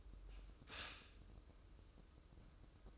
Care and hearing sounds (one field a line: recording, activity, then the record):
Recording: daily activity, microphone in the room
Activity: stop toaster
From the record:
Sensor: 2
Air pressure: 995.0 hPa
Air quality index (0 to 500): 59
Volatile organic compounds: 1 ppm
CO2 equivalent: 971 ppm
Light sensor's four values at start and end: 17/54/21/20 and 17/54/21/20